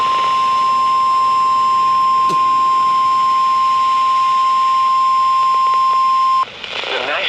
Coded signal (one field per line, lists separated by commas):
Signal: Emergency Alert System (SAME) tones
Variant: 1050 Hz attention tone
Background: speech